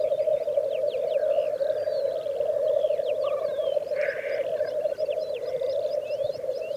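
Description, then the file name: Black grouse rumbling in a steady, unbroken low bubbling drone, while many other birds twitter and whistle at higher pitches in the background. "orre"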